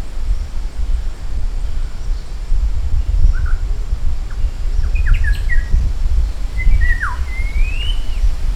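Maratua shama song: a few scattered short notes, then a clear rising whistle and a sharp downslurred note, over persistent low-frequency rumble.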